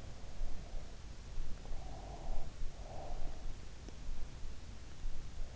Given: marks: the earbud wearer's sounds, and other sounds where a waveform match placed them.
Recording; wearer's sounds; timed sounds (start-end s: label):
sounds in sleep by an in-ear microphone; breath
1.70-3.51 s: breath